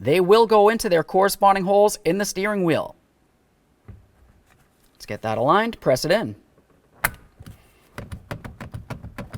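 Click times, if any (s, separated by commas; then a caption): 7.0 s. A horn pad airbag module for a 2000-2006 Chevrolet Tahoe is lined up by its two studs and pressed into the steering wheel while someone talks. A sharp, loud click at 7.0 s shows it seating, followed by a series of quieter ticks and rattles.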